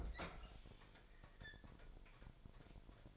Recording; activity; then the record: daily activity, microphone in the room; open fridge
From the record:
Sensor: 5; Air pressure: 1002.1 hPa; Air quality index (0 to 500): 226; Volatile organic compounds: 29 ppm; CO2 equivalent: 2943 ppm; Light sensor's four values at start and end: 9/21/8/10 and 10/23/10/11